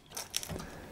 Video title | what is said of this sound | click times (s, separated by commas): $230 3D Printer Can't Be Good? - Sovol SV06 Review | it's just one of those connectors that you click into place | 0.4 s